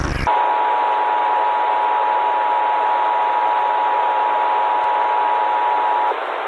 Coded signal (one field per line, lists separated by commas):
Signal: Emergency Alert System (SAME) tones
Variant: 853 and 960 Hz attention tone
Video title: EAS Scenario/Analog & Digital Horror - Red Giant Sun